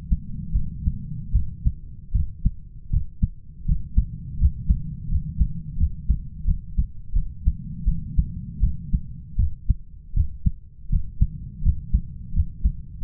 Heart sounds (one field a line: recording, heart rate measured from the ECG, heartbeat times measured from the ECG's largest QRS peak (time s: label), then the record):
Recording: heart sounds by stethoscope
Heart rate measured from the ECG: 82 bpm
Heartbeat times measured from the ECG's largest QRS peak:
0.53 s: heartbeat
1.33 s: heartbeat
2.13 s: heartbeat
2.91 s: heartbeat
3.66 s: heartbeat
4.38 s: heartbeat
5.09 s: heartbeat
5.77 s: heartbeat
6.45 s: heartbeat
7.13 s: heartbeat
7.85 s: heartbeat
8.61 s: heartbeat
9.37 s: heartbeat
10.14 s: heartbeat
10.90 s: heartbeat
11.63 s: heartbeat
12.33 s: heartbeat
13.03 s: heartbeat
From the record:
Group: healthy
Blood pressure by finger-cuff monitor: 115/66 mmHg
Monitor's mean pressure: 84 mmHg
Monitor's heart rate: 80 bpm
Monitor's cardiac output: 8.3 L/min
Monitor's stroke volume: 103 mL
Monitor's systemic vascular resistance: 740 dyn s/cm5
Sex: male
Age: 33 years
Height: 179 cm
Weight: 80.4 kg